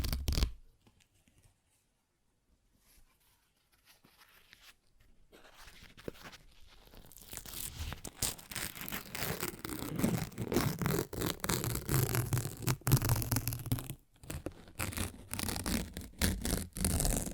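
Paper is torn and ripped. A short burst opens, followed by near silence until about five seconds, then a quiet start that swells into dense, rough tearing from eight seconds on, crackly and bright across the range, with a brief pause near fourteen seconds.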